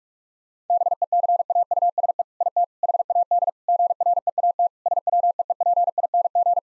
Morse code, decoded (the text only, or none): BECAUSE IT HAD GREAT SWEEPING